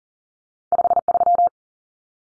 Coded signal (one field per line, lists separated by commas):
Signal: Morse code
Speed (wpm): 40 wpm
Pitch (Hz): 700 Hz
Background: none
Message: 53